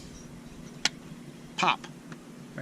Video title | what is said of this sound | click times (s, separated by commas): Hyundai 1.6L Turbo Spark Plug Replacement | and push it down until you hear a pop it only goes on one way the hole | 0.9 s